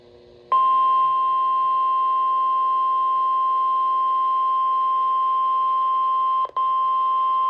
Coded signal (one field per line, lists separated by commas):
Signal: Emergency Alert System (SAME) tones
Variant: 1050 Hz attention tone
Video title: NOAA Weather Radio - Severe Thunderstorm Warning [EAS #140] (5/20/22)